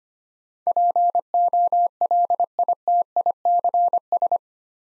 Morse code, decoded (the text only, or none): POLITICS